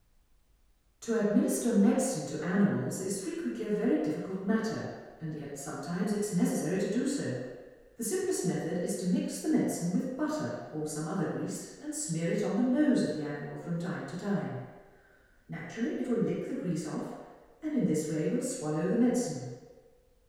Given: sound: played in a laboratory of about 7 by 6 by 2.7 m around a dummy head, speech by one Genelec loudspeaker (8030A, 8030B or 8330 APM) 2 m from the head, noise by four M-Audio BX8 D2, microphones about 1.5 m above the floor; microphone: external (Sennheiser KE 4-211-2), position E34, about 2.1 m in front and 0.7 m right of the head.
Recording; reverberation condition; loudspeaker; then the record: female speech in English; high; 150 degrees to the left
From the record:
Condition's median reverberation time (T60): about 1300 ms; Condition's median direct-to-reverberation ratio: about -4.0 dB